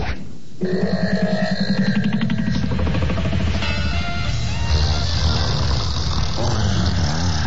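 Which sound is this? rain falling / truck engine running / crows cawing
truck engine running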